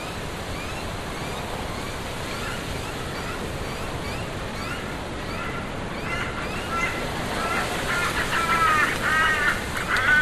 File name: zapsplat foley tent inside ambience wind blow against birds crows